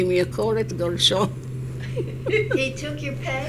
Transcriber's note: she laughs